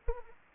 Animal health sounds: mosquito wingbeat signal from an infrared sensor; Anopheles arabiensis

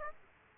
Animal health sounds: mosquito wingbeat signal from an infrared sensor; Aedes aegypti

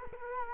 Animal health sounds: mosquito wingbeat signal from an infrared sensor; Culex quinquefasciatus

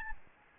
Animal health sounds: mosquito wingbeat signal from an infrared sensor; Aedes albopictus

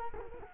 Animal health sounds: mosquito wingbeat signal from an infrared sensor; Culex quinquefasciatus

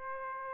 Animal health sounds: mosquito wingbeat signal from an infrared sensor; Aedes aegypti

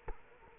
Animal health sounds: mosquito wingbeat signal from an infrared sensor; Culex quinquefasciatus

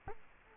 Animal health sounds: mosquito wingbeat signal from an infrared sensor; Culex quinquefasciatus

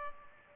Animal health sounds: mosquito wingbeat signal from an infrared sensor; Culex pipiens

